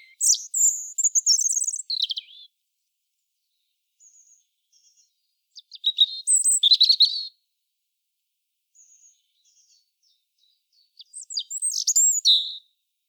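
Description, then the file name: European robin singing three separate high, thin twittering phrases with trills and sharp down-slurred notes, each lasting about two seconds, separated by pauses with faint soft notes. "Erithacus rubecula"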